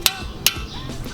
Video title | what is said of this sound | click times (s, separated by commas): PBM Lug Nuts / Stud Conversion - BMW E46 | it reaches the amount of torque that you specified it to be you'll hear a little click sound like this and | 0.1 s, 0.5 s